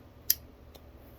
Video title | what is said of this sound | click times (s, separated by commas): Electric pressure washers are they worth it | So it clicks. | 0.3 s